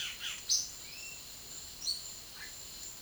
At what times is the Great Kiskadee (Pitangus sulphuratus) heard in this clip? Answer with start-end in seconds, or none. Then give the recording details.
none. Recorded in dense forest near Puerto Asís, Putumayo, Colombia, on 20 February 2024 at 11:30. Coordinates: 0.505, -76.324. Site G6467